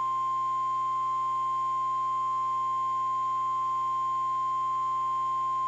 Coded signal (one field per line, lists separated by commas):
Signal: Emergency Alert System (SAME) tones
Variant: 1050 Hz attention tone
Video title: HELLO EVERYONE EAS Tests From 8/4/21 (EAS #780-787)